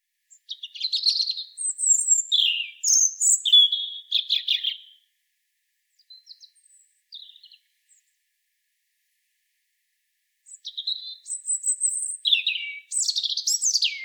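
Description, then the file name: European robin song: high, thin, warbling phrases with quick trills and slurred notes, a quiet pause midway, then another varied burst of sweet twittering. "Erithacus rubecula"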